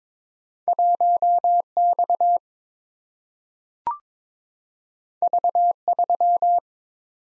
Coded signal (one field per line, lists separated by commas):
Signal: Morse code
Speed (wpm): 22 wpm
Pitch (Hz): 700 Hz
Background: none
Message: 1X V3